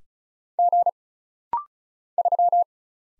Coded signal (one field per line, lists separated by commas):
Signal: Morse code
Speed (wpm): 36 wpm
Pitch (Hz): 700 Hz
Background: none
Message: G 3